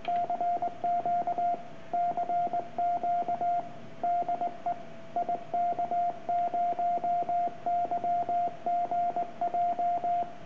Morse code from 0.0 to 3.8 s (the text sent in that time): CQ CQ